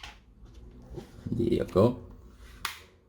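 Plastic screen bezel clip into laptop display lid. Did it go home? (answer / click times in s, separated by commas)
yes / 2.6 s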